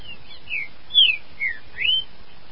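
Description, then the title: Green-winged saltator song: clear whistled slurred notes, several downslurred and one upswept, spaced about half a second apart over faint background hiss. "Trinca Ferro"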